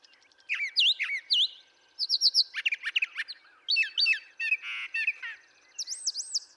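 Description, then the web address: Brown thrasher singing a dense run of doubled whistles, buzzy trills and sharp chirps, with phrases tumbling closely after one another. "birdsongforthecurious Brown Thrasher"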